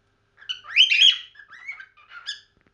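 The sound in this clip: Cockatiel giving a harsh, squawky chirp that rises and falls, followed by a few shorter scratchy chirps, all within about two seconds.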